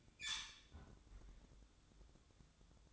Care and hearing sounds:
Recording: daily activity, microphone in the room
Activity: close fridge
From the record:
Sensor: 3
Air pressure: 1007.7 hPa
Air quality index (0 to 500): 55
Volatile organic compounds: 1 ppm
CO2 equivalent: 594 ppm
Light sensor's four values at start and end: 13/29/12/12 and 12/29/12/12

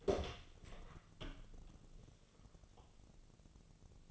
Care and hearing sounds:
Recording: daily activity, microphone in the room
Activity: open door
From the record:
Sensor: 4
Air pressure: 1001.1 hPa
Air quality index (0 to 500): 184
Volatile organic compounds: 2 ppm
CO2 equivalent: 1314 ppm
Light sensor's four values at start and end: 17/39/16/16 and 15/35/14/15

